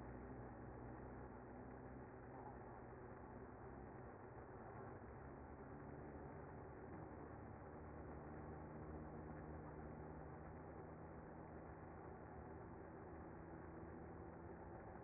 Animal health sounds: honeybee colony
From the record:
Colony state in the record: active

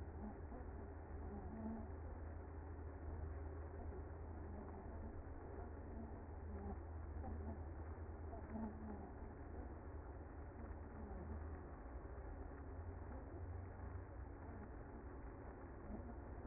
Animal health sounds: honeybee colony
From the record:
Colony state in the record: active

